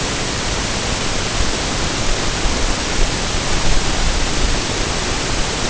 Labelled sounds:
none
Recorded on Arctic tundra, site NAIT-1, on 22 June 2018
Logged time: 15:00

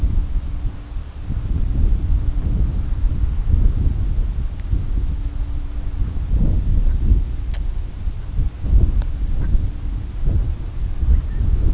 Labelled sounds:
Brent Goose (Branta bernicla), unidentified sound
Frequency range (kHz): Brent Goose (Branta bernicla) 0.1-2.5 kHz
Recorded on Arctic tundra, site CORI-1, on 20 June 2018
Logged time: 20:00

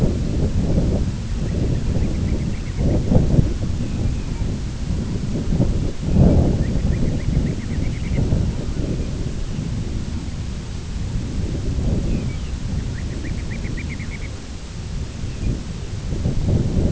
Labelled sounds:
Ruddy Turnstone (Arenaria interpres), Lapland Longspur (Calcarius lapponicus), unidentified sound
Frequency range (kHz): Ruddy Turnstone (Arenaria interpres) 1.1-3.5 kHz; Lapland Longspur (Calcarius lapponicus) 2.0-3.5 kHz
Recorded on Arctic tundra, site IGLO-B, on 24 June 2018
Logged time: 17:59

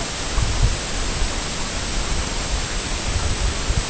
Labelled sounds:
none
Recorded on Arctic tundra, site EABA-MC, on 22 June 2019
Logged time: 00:00

